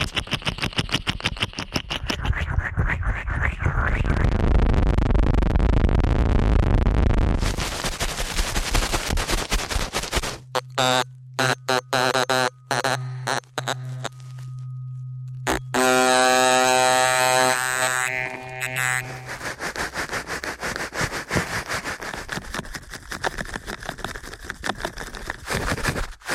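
Ear cleaning at helicopter speed: rapid rattling scrapes and rushing noise, a steady low buzzing tone mid-clip, then fast crackling again.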